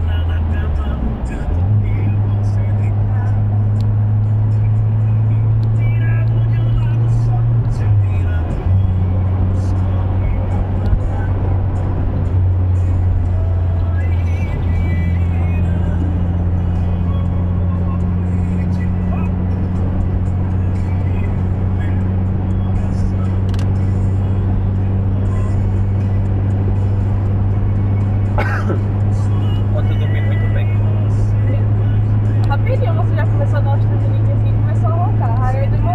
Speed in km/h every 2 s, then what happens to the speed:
91, 86, 86, 92, 108, 108, 101, 97, 94, 90, 89, 94, 107, 115, 116, 120, 123, 123.
4-8 speeds up to 108. 10-21 slows to 89. 21-36 speeds up to 123.